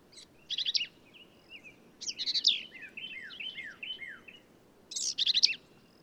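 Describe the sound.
Black-capped vireo song: varied phrases of raspy, stuttering notes alternating with rapid, descending whistled slurs, the harsh bursts returning after each whistled run.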